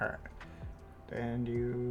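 A plastic shoulder part from a Gundam Gunpla model kit is handled and pushed toward its arm assembly while someone talks, with a brief handling sound near 0.4 s. Nothing has seated or clicked yet; the clip ends just before the part goes home.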